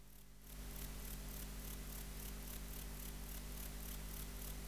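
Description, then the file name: Grey bush-cricket song: short, dry, high-pitched chirps repeated steadily about three times a second, beginning after a brief quiet start, over a low constant hum. "Platycleis albopunctata"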